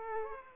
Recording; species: mosquito wingbeat signal from an infrared sensor; Aedes aegypti